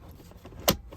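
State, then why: Seated. A plastic trim cover on a car interior panel of a Model 3 or Model Y is pushed back into place after cables are routed along the side, during installation of a rear screen. Low handling rustle leads to one sharp click at 0.7 s as the cover seats, and someone talks. The cover is confirmed clipped in.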